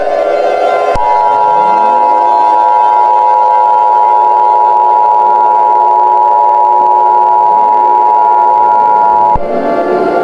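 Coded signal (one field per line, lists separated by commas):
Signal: Emergency Alert System (SAME) tones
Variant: 853 and 960 Hz attention tone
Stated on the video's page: Fictional EAS scenario, not a real alert.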